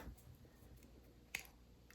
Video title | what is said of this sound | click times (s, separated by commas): Part 1 - How to 3D Print and Build the Millennium Falcon | and it snaps into place, and then you can put those | 1.3 s